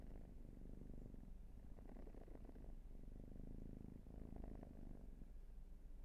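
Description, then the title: Cat purring as a dense, steady low thrum. "Field Recs Purrathon RAW"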